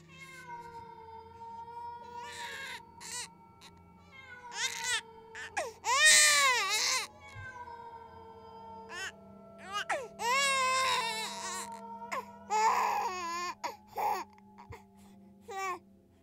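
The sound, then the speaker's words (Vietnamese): A baby crying, heard faintly rising from a ravine below and mixed with wind: a series of high, wavering wails that rise and fall in uneven bursts with short pauses between, heard alone without any talking. “Ấy thế nhưng văng vẳng từ dưới vực vọng lên, lẫn trong tiếng gió, tôi có thể nghe rõ tiếng trẻ con khóc và tiếng con mèo rừng kêu gọi bầy đâu đây.”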